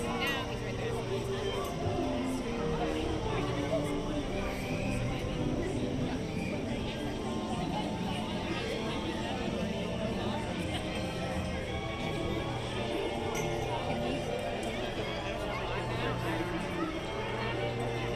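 Steady theme park ambience in Fantasyland with continuous overlapping crowd chatter, a low mechanical hum underneath, and scattered brighter clinks throughout.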